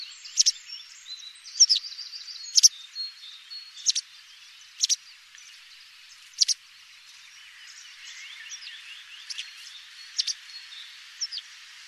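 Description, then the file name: White wagtail calling with brief, high, clipped chirps at uneven intervals over a faint background of thin twitters. "Bergeronnette grise"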